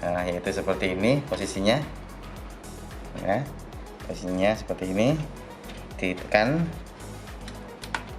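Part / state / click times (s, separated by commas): computer component into its latch on the motherboard/case / seated / 8.0 s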